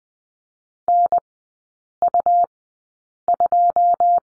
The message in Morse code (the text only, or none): NU2